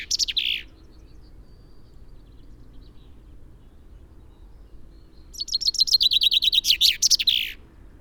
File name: Fringilla coelebs